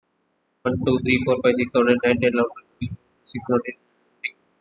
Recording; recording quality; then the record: counting at a fast pace; poor, much background noise or distortion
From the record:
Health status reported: recovered from COVID-19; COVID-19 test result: negative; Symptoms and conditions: none ticked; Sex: male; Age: 23 years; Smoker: not ticked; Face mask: not worn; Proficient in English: yes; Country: India